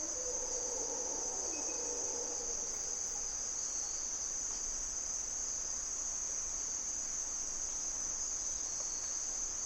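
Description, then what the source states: Mantled howler monkeys give a brief low roaring swell at the start that soon dies away, while insects keep up an unbroken high-pitched drone. Howlers, locally called Monos Congos, waking the jungle at morning twilight in Parque Nacional Corcovado, Osa Peninsula, Costa Rica; males heard for kilometers; calls echo through primary hardwood forest and a deep river valley.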